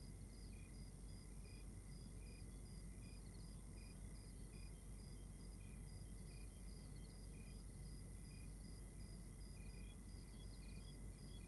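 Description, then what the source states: Cricket chorus of repeated short, high chirps from several insects at different pitches, steady throughout, over continuous low-frequency background rumble. Outdoor night ambience in Rwanda.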